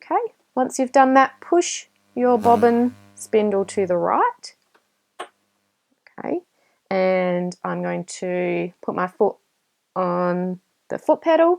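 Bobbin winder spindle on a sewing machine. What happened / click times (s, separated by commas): The bobbin winder spindle clicked into winding position / 5.2 s, 6.1 s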